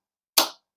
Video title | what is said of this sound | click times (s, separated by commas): Unboxing the Teverun Fighter 11 Superscooter | snaps into place absolutely no movement in there at all | 0.4 s